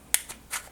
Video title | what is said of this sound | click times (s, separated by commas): Ghostek Exec Wallet Case Review - Pixel 6 Pro | it just doesn't things don't feel right when you don't have the wallet on there and it snaps on very easy | 0.1 s